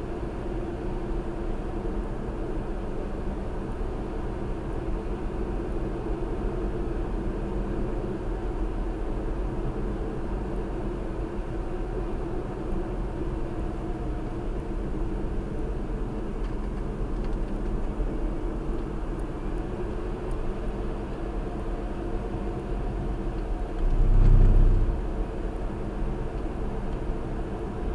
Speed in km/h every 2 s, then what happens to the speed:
68, 66, 66, 66, 66, 64, 64, 61, 58, 61, 68, 68, 68, 68.
0-12 steady at about 66. 12-15 slows to 58. 15-20 speeds up to 68. 20-28 steady at about 68.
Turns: none.